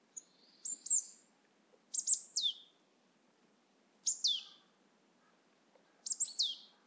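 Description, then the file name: Marsh tit uttering short bursts of sharp, high, down-slurred notes, two or three per burst, roughly every two seconds, over a quiet background. "Poecile palustris"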